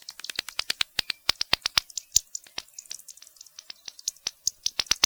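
Bat echolocation calls heard as crisp ticks, many per second, in quick irregular runs.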